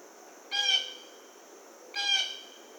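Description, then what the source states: Blue jay calling twice, each a short, harmonic-rich call, about a second and a half apart, with a constant thin high drone behind. Recorded on 1 August 2009.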